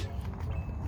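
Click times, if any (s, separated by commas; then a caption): none. The rubber boot over the coolant temperature sensor in the cylinder head of a 2005 Ford Focus is being pushed in by hand because it is not fully seated. Only a steady low rumble with faint rustling handling noise is heard, with no sharp hits. Nothing has seated or clicked yet.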